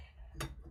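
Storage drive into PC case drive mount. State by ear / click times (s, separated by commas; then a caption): seated / 0.4 s. A storage drive fitted with rubber grommet-head screws is slid into the drive mounting bracket of a Phanteks G360A PC case. A single sharp metallic hit rings out at 0.4 s as the drive locks into place, and it is seated.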